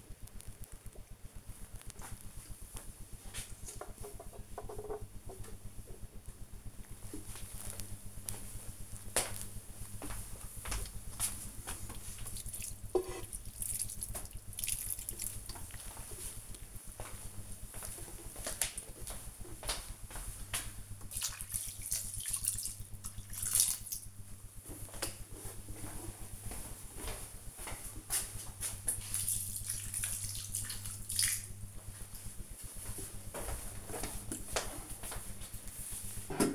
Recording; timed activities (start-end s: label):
household activities, microphone on the right wrist
0.00-32.69 s: watering plant